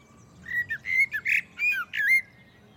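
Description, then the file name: Common blackbird singing a run of rich, fluty whistled notes that rise and fall. The notes are broken by brief pauses and end on a drawn-out whistle. "Turdus merula"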